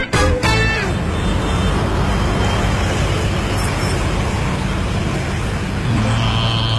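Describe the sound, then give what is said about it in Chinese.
A bus rumbles past a bus stop without stopping, its engine droning steadily over loud road noise for several seconds, with a brief sharp hiss at the very start and no voices. “公交车到站不停，大爷打车追三站。”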